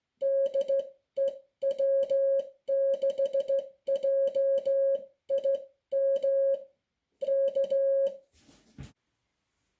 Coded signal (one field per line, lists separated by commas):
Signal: Morse code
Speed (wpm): 16 wpm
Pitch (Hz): 550 Hz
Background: music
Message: DE W6JIM K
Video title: NATO Morse Code Key 🔍 Close-Look